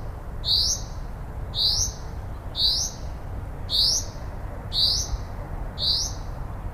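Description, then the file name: Common chaffinch call: a short, bright note that sweeps up then levels off, repeated about once a second over a steady low rumble. "Fringilla coelebs"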